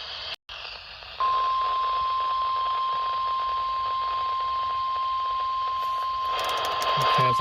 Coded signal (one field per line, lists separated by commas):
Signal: Emergency Alert System (SAME) tones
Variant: 1050 Hz attention tone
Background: speech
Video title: APRIL FOOLS CHASE! EAS Alerts from 4/1/2023 (EAS #1,140-1,147)